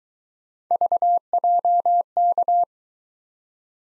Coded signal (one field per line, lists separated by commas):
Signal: Morse code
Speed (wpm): 22 wpm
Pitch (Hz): 700 Hz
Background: none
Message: VJK